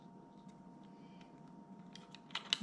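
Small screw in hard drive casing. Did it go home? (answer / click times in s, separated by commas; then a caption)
no / 2.4 s, 2.5 s. A small screwdriver works at a tiny screw in a hard drive enclosure over a steady low hum, with faint scattered ticks before sharper metallic clicks at 2.4 and 2.5 seconds as the driver slips. The screw head has stripped and rounded off rather than coming out. No one talks.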